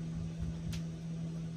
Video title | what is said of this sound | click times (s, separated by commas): How to Up-cycle old panel door into book shelves. | that little click that secures it now | 0.7 s